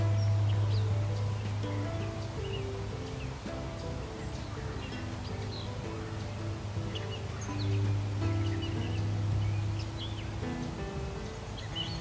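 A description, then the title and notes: Birdsong from catbirds, cardinals and others comes as short, scattered chirps and whistles high above a heavy, steady low hum. Through the middle register, sustained droning tones shift pitch now and then, holding a constant murmur under the calls for the whole stretch. Birding April 30th 2022 in New Florence, Pennsylvania. Everything from Catbirds to Cardinals to everything in between.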